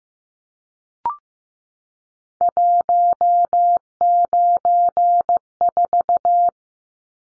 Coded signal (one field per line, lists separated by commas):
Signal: Morse code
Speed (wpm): 15 wpm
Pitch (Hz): 700 Hz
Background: none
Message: 194